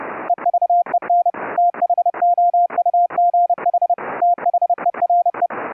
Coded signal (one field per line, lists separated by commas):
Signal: Morse code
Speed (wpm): 32 wpm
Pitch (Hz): 700 Hz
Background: none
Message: EVEN THOUGH THERE